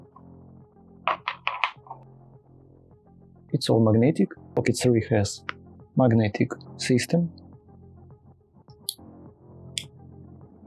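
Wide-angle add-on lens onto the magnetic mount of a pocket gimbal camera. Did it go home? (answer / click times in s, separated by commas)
yes / 9.8 s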